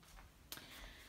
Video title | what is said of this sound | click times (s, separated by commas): ON DOIT ACHETER DU PREMATURE #IMPOSSIBLE | Sauf qu'ici, ben en fait il ne se clipse pas. | none